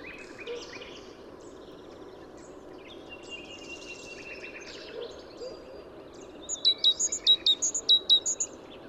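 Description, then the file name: Great tit bursts into a quick string of ringing high-low note pairs toward the end, after several seconds of scattered chirps and warbles from other birds. "Parus major"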